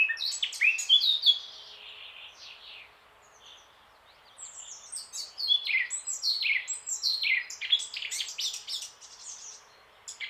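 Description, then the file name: Eurasian blackcap song: a loud fluty whistled phrase, a short pause, then a long run of rapid, high, scratchy twittering notes. "Sylvia atricapilla"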